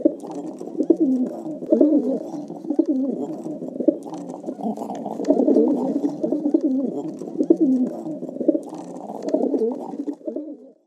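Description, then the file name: Feral pigeons cooing, low rolling coos repeating throughout. In a city. "Stadttaube"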